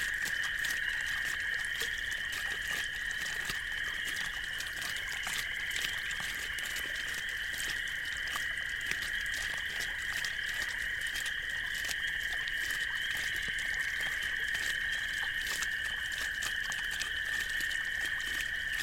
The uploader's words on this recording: Bubbling Artesian Well at Night. With the steady flow of underground water erupting, it emits a distinct and captivating water sound. A very kind couple allowed me to capture the sound of the artesian well on their property.